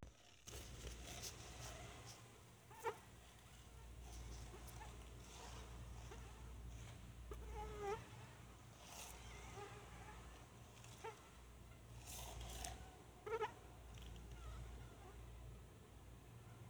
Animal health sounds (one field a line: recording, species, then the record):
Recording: mosquito flight sound by mobile phone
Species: Anopheles freeborni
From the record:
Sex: female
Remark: in a cage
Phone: Sony Xperia